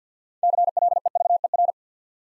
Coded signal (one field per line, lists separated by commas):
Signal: Morse code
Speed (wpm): 50 wpm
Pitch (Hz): 700 Hz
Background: none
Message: CLEVER